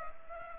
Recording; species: mosquito wingbeat signal from an infrared sensor; Culex pipiens